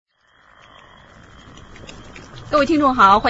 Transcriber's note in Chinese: Enter sound of woods and a small fire